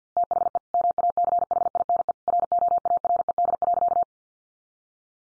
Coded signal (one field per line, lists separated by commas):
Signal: Morse code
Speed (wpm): 50 wpm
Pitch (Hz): 700 Hz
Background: none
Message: THE MACHINE ROARED.